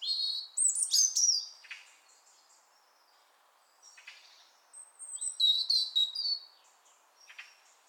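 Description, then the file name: European robin song: a bright warbled phrase, a quiet gap, then a thin high whistle leading into tumbling notes, with one faint note at the end. "Erithacus rubecula"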